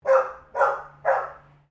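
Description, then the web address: Golden retriever barking, three short loud barks evenly spaced about half a second apart, with a faint low hum underneath. Domestic dog. "Sound Effects-Foundation 1 ANIMAL DOG GOLDEN RETRIEVER DOTTI BARK"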